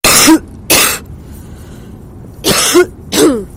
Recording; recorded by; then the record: voluntary cough; messaging app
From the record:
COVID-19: negative